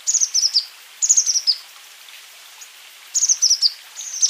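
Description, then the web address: Azure tit calls: bright high notes in quick descending series, in several bursts, with a longer gap in the middle. "wroblowe ptaki cyanistes cyanus"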